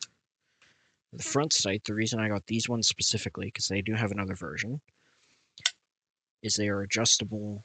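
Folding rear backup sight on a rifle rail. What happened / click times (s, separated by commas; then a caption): The folding metal sight snapped into its raised position / 0.0 s. A metal folding rear backup sight on a rifle rail is pushed forward until it flips up and locks in the raised position with a sharp click at 0.0 s. Someone then talks, with a brief pause around 5.6 s marked by another short, sharp click.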